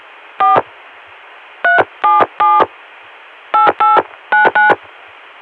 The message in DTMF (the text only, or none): 4 377 8899